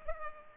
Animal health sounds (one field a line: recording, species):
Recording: mosquito wingbeat signal from an infrared sensor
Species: Culex pipiens